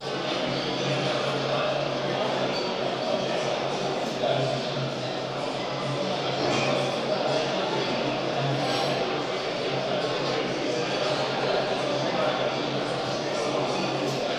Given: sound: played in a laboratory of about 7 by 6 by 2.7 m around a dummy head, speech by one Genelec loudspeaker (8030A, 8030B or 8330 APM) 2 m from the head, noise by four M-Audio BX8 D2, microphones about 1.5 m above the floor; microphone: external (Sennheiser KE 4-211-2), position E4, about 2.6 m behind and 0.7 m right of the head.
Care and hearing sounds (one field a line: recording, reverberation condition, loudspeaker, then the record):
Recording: cafeteria noise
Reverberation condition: high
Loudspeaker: four, about 170 cm from the corners of the room and facing them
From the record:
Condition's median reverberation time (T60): about 1300 ms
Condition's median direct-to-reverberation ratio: about -4.0 dB